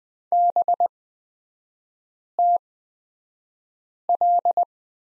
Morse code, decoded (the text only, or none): BTL